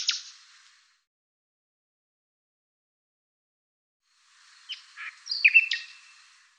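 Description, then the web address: Bird chirps: one sharp note at the start, a long silence, then a short phrase of mixed chirps and a whistle. "cianscape birddata Deverinetal 2025"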